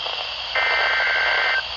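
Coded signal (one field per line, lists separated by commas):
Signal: Emergency Alert System (SAME) tones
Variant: header bursts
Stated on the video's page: Weather radio alerts from Wakefield, Sterling and Mount Holly offices, including stations in Lewes, Delaware and Atlantic City, New Jersey.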